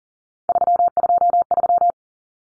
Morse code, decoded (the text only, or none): 323